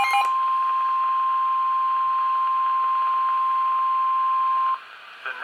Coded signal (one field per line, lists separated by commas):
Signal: Emergency Alert System (SAME) tones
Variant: 1050 Hz attention tone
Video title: April 23, 2021 EAS Compilation (EAS #2296-2311)